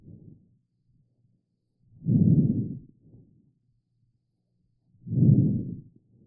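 Soft, low-pitched, non-musical breath sounds recur about every three seconds, roughly 20 breaths a minute. Each has a louder rustling inspiration that fades into a brief, faint expiration. These are normal vesicular breath sounds, made by turbulent airflow in the central lung regions, heard over the chest surface; they are reduced in pneumothorax or pleural effusion.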